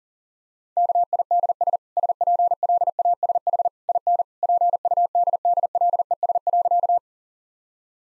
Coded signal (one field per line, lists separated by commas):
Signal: Morse code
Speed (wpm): 37 wpm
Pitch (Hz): 700 Hz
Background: none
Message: KIDS SPLASH IN PUDDLES.